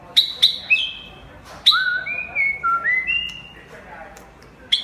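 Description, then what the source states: White-rumped shama song: a few sharp clicks, then clear sustained whistles at shifting pitches, with rising notes and a sharp note at the end. Champion bird from a singing contest.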